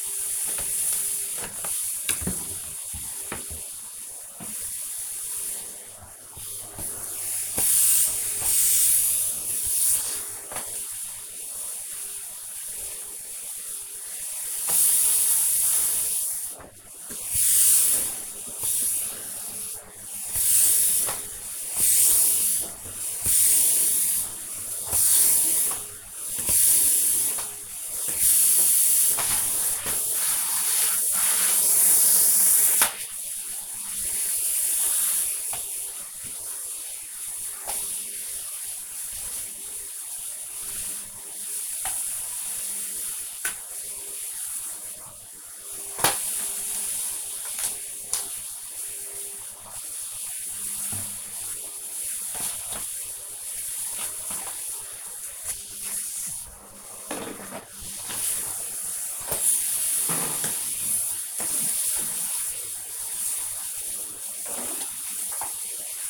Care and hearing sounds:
household activities, microphone on the right wrist
0.00-66.10 s: vacuum cleaning

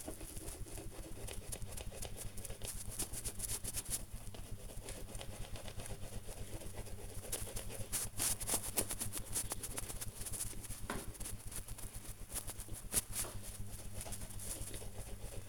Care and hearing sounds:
household activities, microphone on the right wrist
0.00-15.49 s: brushing teeth

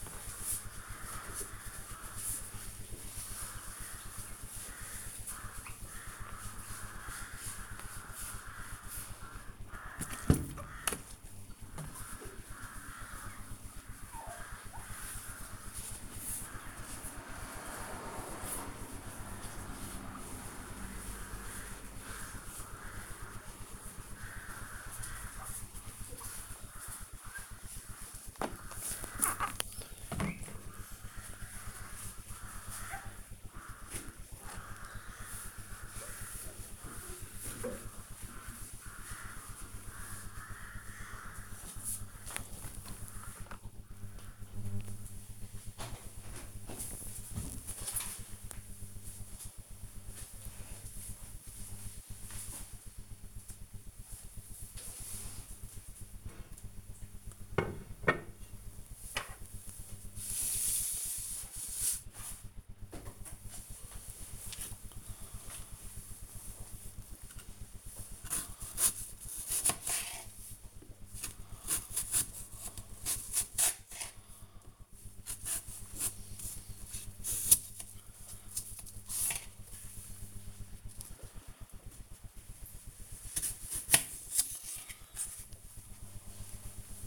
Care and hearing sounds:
household activities, microphone on the right wrist
0.00-42.27 s: window cleaning
62.42-87.07 s: cutting vegetables

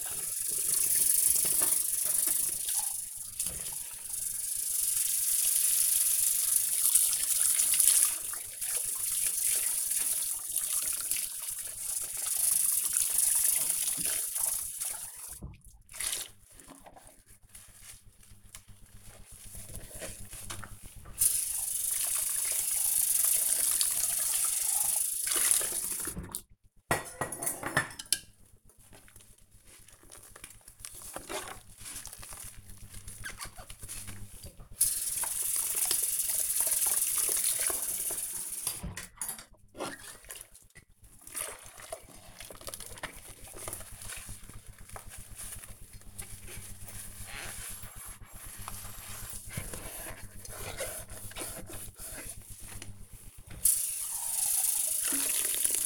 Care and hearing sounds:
household activities, microphone on the right wrist
0.00-55.86 s: washing dishes

